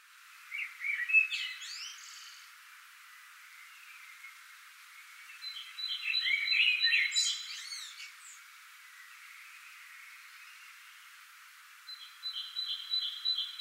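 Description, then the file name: Common blackbird song: two warbled, fluty phrases, each ending in a high squeaky flourish, separated by a pause; thin high whistled notes sound near the end. "Turdus merula"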